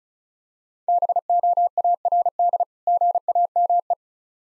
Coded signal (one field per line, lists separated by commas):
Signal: Morse code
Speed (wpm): 36 wpm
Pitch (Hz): 700 Hz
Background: none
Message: BOARD GAME